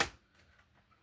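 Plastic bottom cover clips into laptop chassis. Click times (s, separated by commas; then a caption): 0.0 s. A plastic bottom cover on an HP 250 G6 laptop is pressed onto the chassis, starting at the VGA port side. A single sharp snap is heard at 0.0 s (0.01 s) as a clip engages, then the sound fades to quiet. The cover clip seats into the chassis.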